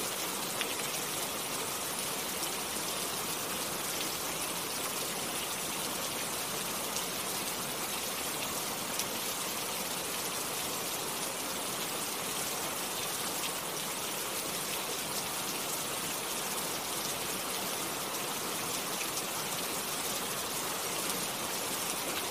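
Soft rain falls in a steady, dense hiss that holds an even level for the whole stretch. The sound is bright, made of countless fine patters with little low rumble beneath and no distinct separate events.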